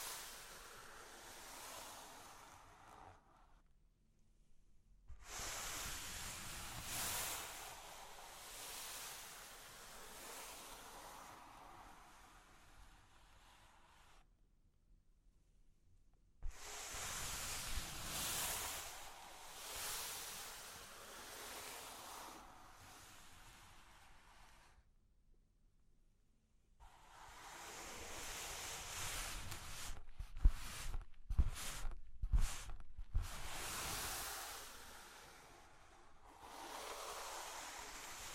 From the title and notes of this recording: ASMR Sleepy Cork and Wood Tapping, Scratching, Tracing (No Talking).